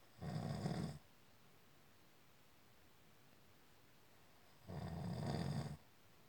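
Snoring: two low-pitched, rumbling snores, each about a second long, separated by a pause of roughly four seconds.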